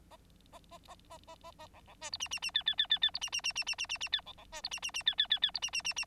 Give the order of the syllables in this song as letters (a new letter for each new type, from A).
A A A A A A A B B C D E E E F F F F F D E E E E E E E E F B B C D E E E F F F F D E E E E